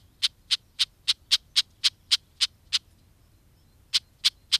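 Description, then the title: Red-backed Shrike producing a run of ten harsh, clicking calls at roughly four per second, a short pause, then three more. Alarm clicks, which parents give constantly when someone comes near a nest with young. "Viikon luontoääni: Pikkulepinkäinen"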